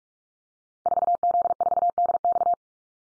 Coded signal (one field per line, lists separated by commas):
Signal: Morse code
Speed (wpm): 44 wpm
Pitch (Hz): 700 Hz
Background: none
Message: 4Z4DX